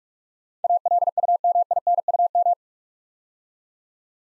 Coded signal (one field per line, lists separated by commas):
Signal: Morse code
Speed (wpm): 44 wpm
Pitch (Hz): 700 Hz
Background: none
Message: ALUMINUM